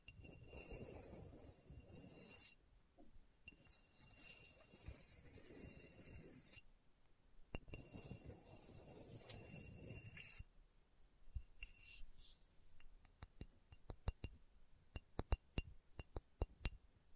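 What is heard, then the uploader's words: Slow ASMR tapping. For the first ten seconds a dense, crisp rustling and scratching plays in bursts with short pauses near 3 and 7 seconds. After that it thins to sparse, sharp taps that come more regularly toward the end. ASMR Slow Tapping for Deep Sleep (No Talking).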